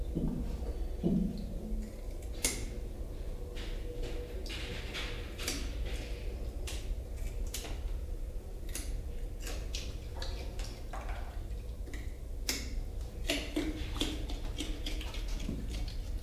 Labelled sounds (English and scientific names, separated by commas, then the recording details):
Siamang (Symphalangus syndactylus)
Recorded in captivity
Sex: female
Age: adult
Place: Zoo Dresden, Sachsen, DE
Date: 1971-01-16
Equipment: Uher 4200 Report Stereo, Sennheiser MD 421 (z.T. mit Tesla-Verstärker)
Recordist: Tembrock, Günter
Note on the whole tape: Simang: Weibchen beim Fressen, dumpfe Laute (Luftsack ?). Beobachter allein ohne Tierpfleger. Aufnahmen auf diesem Band von 9.30 - 11.30 Uhr